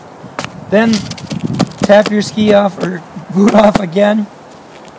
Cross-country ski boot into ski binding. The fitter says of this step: next to the bumper. Lift your heel and push down. It should click